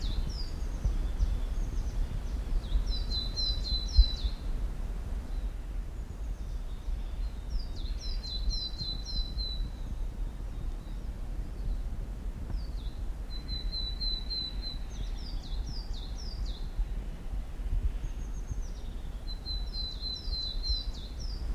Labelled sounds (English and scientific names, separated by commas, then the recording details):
Willow Tit (Poecile montanus)
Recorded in the wild
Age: adult
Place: Mirnock, Kärnten, AT
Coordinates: 46.758, 13.714
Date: 1967-03-12
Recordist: Brunner, Thomas
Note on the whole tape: Aufnahme: Mirnock, Müllner Gatter, Kärnten